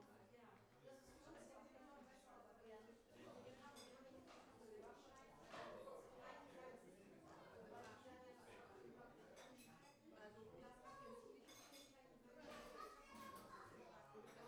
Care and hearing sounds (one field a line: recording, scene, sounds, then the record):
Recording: everyday scene through a hearing-aid microphone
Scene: many people talking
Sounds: many voices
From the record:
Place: parish hall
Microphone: behind the ear, right, front